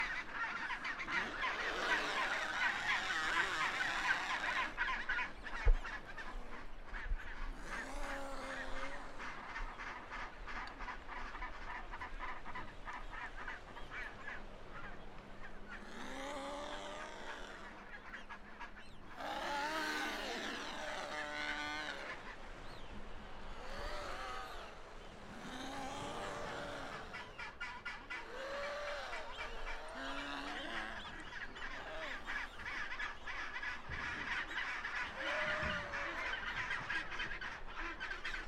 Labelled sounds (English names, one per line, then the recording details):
Chinstrap Penguin call
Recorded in the wild
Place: Half Moon Island, Antarctica, AQ
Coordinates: -62.35, -59.55
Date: 2019-01-02
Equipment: Olympus LS-100, Sennheiser ME66
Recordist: Beaulieu, Michaël
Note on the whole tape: In Kolonie von Eselspinguinen. Küken